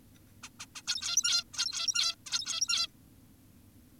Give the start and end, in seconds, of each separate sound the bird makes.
0.43-0.49, 0.60-0.66, 0.76-0.82, 0.88-1.44, 1.54-2.15, 2.26-2.88